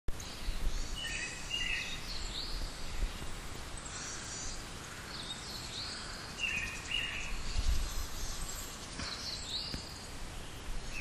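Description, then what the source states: Small birds giving brief high chirps and whistled phrases scattered throughout, set against constant outdoor noise with a low rumble. Recorded 5 April 2009.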